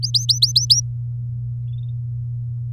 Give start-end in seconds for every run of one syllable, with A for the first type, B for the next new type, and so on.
0.03-0.81 A